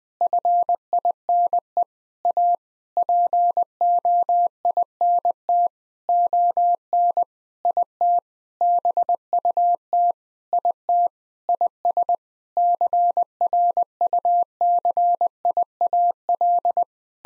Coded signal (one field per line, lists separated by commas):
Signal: Morse code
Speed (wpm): 20 wpm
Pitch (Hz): 700 Hz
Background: none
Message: FINE A POINT ON IT BUT IT IS CRUCIAL